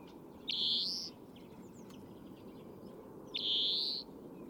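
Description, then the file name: European greenfinch calling twice with a nasal, buzzy wheeze that rises in pitch, against a constant low background hiss. "Chloris chloris"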